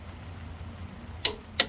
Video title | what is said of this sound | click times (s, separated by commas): 1997 Ford: Heads Cleaning & Reassembly | there's the click then he does the so the board | 1.2 s, 1.6 s